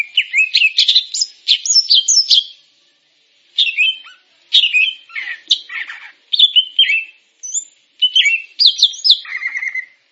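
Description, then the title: Grey-cheeked bulbul giving bursts of varied whistled and chattering song separated by short silences, ending with a few lower repeated whistles. "Kicau Burung Cucak Jenggot"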